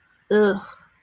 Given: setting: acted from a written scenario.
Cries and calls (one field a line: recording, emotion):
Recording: vocal sound without words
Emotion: contempt